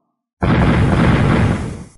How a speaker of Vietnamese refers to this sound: 5 tiếng nổ trầm đục vang lên liên tiếp, 5 cái đầu khôi lỗi kể cả con thủ lĩnh cao lớn nhất đồng loạt nứt toát ra, động tác của chúng lập tức đình trệ.